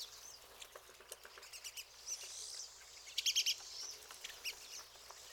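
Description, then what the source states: Pine siskins with buzzy, rising wheezy calls over rapid high twittering, a loud burst of sharp notes in the middle. Several pine siskins.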